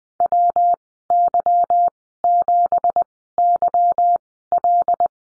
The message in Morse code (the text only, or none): WY7YL